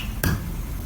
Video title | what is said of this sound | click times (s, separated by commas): Nursing care | And you should hear a click. | 0.2 s